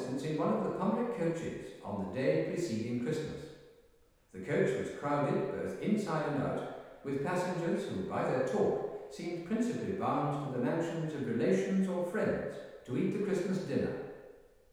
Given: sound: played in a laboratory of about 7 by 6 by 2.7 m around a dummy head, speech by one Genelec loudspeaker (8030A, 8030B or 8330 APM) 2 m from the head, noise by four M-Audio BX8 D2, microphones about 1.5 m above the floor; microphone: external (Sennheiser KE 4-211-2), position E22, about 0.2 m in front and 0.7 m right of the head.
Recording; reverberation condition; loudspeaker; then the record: male speech in English; high; 90 degrees to the left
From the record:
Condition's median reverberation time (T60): about 1300 ms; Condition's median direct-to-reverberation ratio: about -4.0 dB